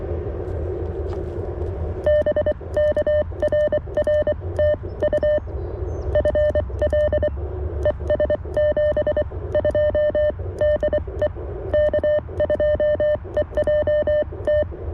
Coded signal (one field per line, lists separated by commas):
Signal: Morse code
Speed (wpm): 23 wpm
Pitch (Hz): 600 Hz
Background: none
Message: BK RR TU FL ES 72 DE K2EJT